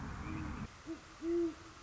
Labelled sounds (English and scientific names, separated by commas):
Great Horned Owl (Bubo virginianus)